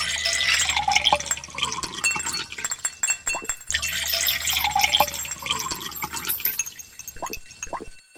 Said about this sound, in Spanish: En este caso vamos a abrir un vino de una zona de nivel 1.